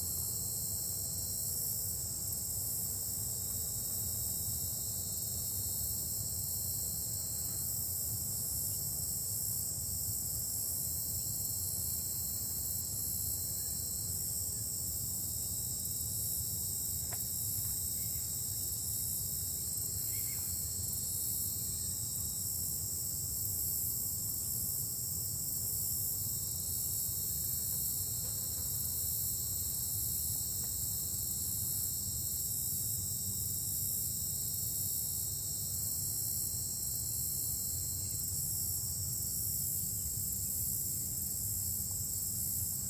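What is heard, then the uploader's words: A forest trail with a dense, unbroken chorus of crickets and other insects, high and shrill throughout. A buzzing trill swells and fades roughly every five seconds, over a steady low rumble and a few faint ticks near the twenty-second mark. Nature Forest Trail.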